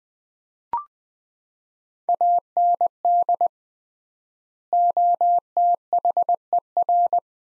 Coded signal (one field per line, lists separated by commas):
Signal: Morse code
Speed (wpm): 21 wpm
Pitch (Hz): 700 Hz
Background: none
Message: AND OTHER